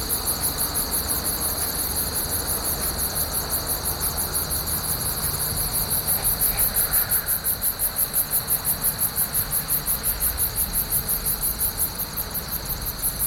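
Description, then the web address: Insect chirping, a fast, even train of high pulses repeated several times a second, over a steady high whine and low rumbling background noise. "насекомые"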